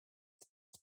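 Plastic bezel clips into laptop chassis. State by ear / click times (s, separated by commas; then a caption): not seated / none. Handling of the plastic bezel/palm-rest edge of an HP Notebook 15 BS011LA laptop as it is pinched along its length to snap its plastic retaining clips into the chassis. Two short, broadband handling sounds are heard around 0.4 s and 0.7 s. Nothing has seated or clicked yet; the clip ends just before the part goes home.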